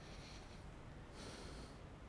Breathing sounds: one breath in and out by a microphone near the nose and mouth; deep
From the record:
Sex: male

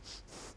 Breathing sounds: one breath in and out by a microphone near the nose and mouth; strong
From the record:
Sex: male

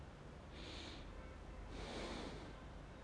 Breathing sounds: one breath in and out by a microphone near the nose and mouth; normal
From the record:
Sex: male

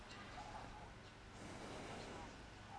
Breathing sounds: one breath in and out by a microphone near the nose and mouth; deep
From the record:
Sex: male

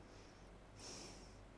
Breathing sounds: one breath in and out by a microphone near the nose and mouth; normal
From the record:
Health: marked as sick, illness not named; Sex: female

